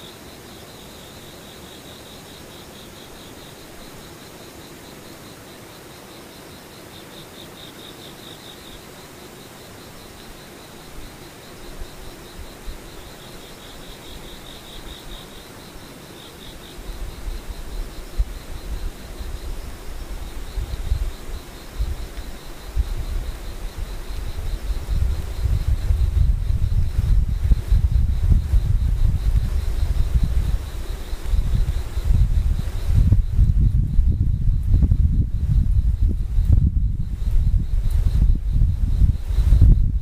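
Insects call outdoors in a steady, thin, high trill, with brief louder pulsing bursts around 7–9 and 14–16 seconds. From about 17 seconds a low rumble builds, and after 25 seconds heavy buffeting thumps, like wind or handling, swamp the scene.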